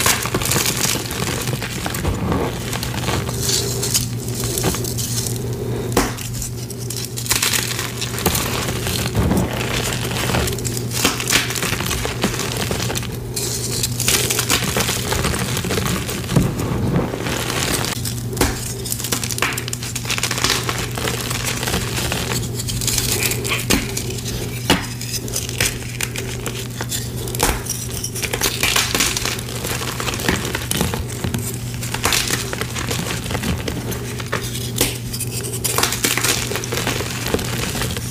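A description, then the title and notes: Gym chalk blocks are crushed nonstop in dense, crumbly crunches, with bright gritty bursts every second or two over a steady low hum. Fresh & Dyed Blocks Random Gym Chalk Crushing Compilation. Nonstop asmr crushing sounds.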